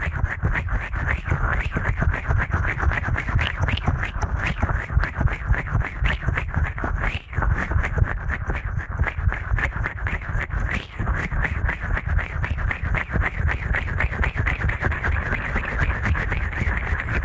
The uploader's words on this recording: ASMR Ear Cleaning at Helicopter Speed.